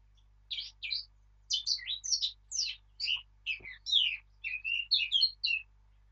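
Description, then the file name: Eurasian blackcap singing a clear, warbling phrase of varied whistled and chattering notes, about five seconds long, with a faint low hum beneath. "Sylvia atricapilla"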